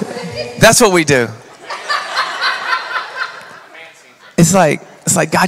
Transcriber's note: laughter